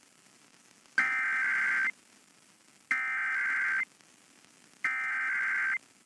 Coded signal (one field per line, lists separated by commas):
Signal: Emergency Alert System (SAME) tones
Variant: header bursts